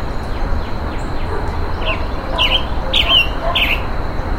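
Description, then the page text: Roadside hawk calling: a run of four harsh, buzzy notes in quick succession, over a steady high whine and low background noise. Calls while being mobbed in humid tropical forest. "Calls of a Roadside Hawk as it is being mobbed in humid tropical forest."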